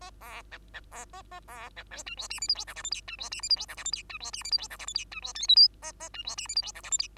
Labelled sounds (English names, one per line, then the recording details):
Bengalese Finch song
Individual Bird2